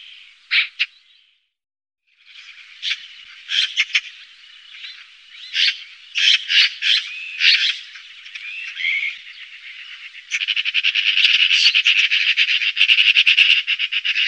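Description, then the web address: Eurasian magpie calling: scattered harsh chacks and squeaky notes build into a long, fast, grating rattle that carries through the final seconds. "Faglar Sound Skata"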